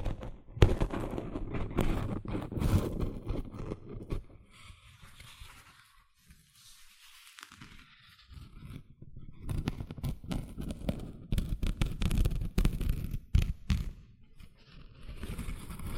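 Gentle scratching sounds come in dense, crackly bursts of quick scrapes and taps. Busy stretches run for the first four seconds and again from about nine to fourteen seconds. Between them a quieter passage of soft, sparse rustling fills the middle, and the end trails off.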